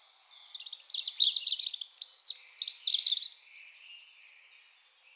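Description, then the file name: European robin song, a high, intricate phrase of quick tinkling notes and thin trills lasting about three seconds, then quiet with a faint high whistle. "Erithacus rubecula"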